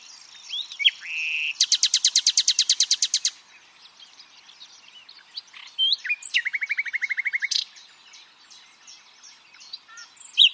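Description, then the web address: Common nightingale song: a loud, rapid trill of even repeated notes, a quieter spell, then a second lower rattling trill, with faint whistles between phrases. "pub SETE data Luscinia megarhynchos"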